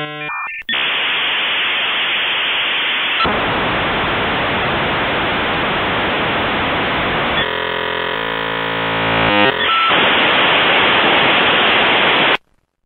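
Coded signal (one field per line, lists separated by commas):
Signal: dial-up modem handshake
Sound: short dialing tones, then loud hissing noise bursts with a banded warbling section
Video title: Dial Up Internet Sound | Free Sound Effects | Home and Office Sounds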